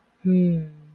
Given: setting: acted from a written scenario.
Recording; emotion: vocal sound without words; confusion